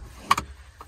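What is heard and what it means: A spring-loaded retractable cargo (tonneau) cover is removed one-handed from its side mounts in the cargo area of a 2021 Toyota RAV4 Adventure SUV. A loud, sharp click at 0.3 s marks the cover popping out of its spring-loaded end mount, followed by a second, quieter click and, near the end, a softer tap and another knock. The cover is released from its mount.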